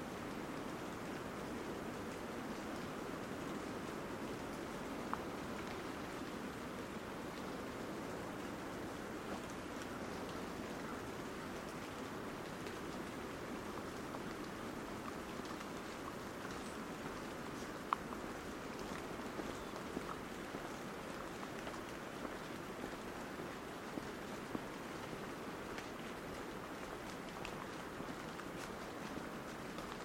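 Coastal ambience at Cape Disappointment on Washington's Pacific coast: a steady, dense rushing wash that holds even throughout, fullest in the low-middle range, like surf or rain. A few faint clicks and ticks surface now and then, near 5, 18 and 24 seconds.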